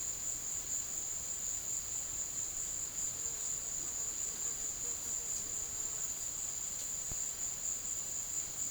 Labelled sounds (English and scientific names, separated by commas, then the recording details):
none
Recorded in secondary vegetation near Puerto Asís, Putumayo, Colombia, on 24 March 2025 at 16:00
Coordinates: 0.489, -76.322
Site G042